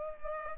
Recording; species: mosquito wingbeat signal from an infrared sensor; Culex pipiens